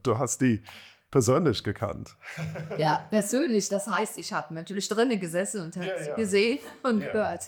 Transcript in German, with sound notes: du hast die persönlich gekannt. [lacht]
Ja, persönlich, das heißt ich habe natürlich drinnen gesessen und gesehen und gehört.